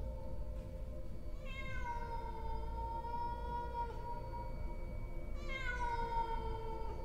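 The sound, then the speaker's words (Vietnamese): A large cat sitting in a yard at night growls in its throat and then gives two long, drawn-out yowls with a rich harmonic tone, each starting high and settling into a sustained wail, over a steady low rumble with no talking. “Trong đêm đen tĩnh lặng, con mèo nó cất lên những tiếng gừ gừ trong cổ họng. Rồi sau đó nó bắt đầu kêu lên.”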